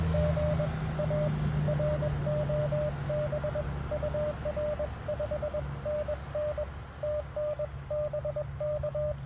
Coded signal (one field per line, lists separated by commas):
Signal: Morse code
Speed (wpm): 24 wpm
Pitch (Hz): 590 Hz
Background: radio noise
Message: GA ROB UR 5NN TN BK